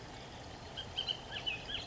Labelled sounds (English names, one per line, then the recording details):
Bullock's Oriole
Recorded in Sonoma County, California